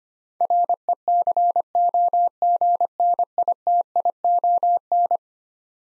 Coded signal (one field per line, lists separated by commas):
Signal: Morse code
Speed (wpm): 25 wpm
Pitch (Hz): 700 Hz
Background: none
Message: RECOGNITION